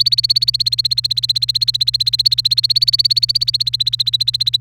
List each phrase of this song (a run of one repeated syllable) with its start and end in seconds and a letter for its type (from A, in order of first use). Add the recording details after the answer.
0.00-4.57 A. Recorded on 28 April 2018 at 17:56. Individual llb3